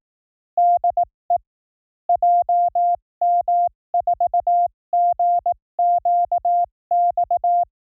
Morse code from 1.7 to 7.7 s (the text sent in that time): JM4GQX